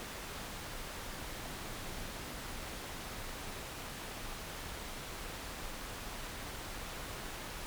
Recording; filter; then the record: brain microelectrode recording played as sound; wide band, above 20 Hz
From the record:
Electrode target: subthalamic nucleus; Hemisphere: left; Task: reaching with the right hand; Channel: 2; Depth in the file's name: 0.251 mm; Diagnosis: Parkinson's disease